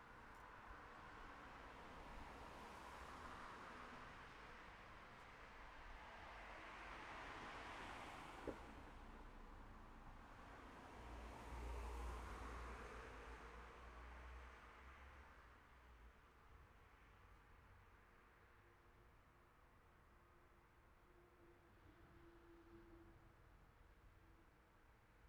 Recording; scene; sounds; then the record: everyday scene through a hearing-aid microphone; in traffic; traffic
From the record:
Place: city secondary road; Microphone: behind the ear, left, front